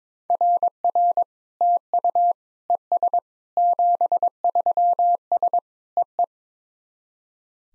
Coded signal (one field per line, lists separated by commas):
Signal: Morse code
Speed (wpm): 22 wpm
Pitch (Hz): 700 Hz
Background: none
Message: RR TU ES 73S EE